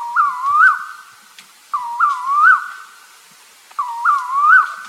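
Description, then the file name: Bird giving a clear whistled phrase of rising and falling notes, repeated three times about two seconds apart, with nothing else audible. "SABIOD 50 bird 2015"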